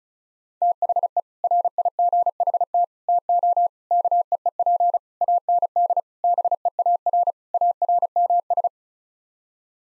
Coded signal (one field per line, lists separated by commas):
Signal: Morse code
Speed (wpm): 36 wpm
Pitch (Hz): 700 Hz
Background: none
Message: THE RIGHT TO KEEP AND BEAR ARMS